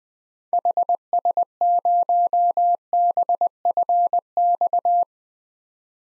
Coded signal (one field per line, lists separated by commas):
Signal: Morse code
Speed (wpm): 20 wpm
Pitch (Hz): 700 Hz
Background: none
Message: HS0BFX